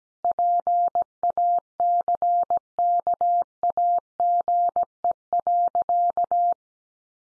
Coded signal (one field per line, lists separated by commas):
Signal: Morse code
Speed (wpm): 17 wpm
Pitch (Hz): 700 Hz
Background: none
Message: PACKAGE.